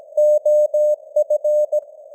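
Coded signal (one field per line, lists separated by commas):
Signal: Morse code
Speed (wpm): 17 wpm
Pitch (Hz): 600 Hz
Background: none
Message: OF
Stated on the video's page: Simulated Morse news headlines at 17 wpm with simulated radio noise and fading (QSB); experimental.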